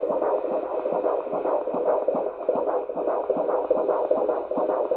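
Fast, muffled thumping heartbeats repeat at roughly 146 a minute with somewhat uneven spacing. The sound is boomy and mid-pitched rather than deep, with a steady hiss underneath. A rapid heartbeat sound effect.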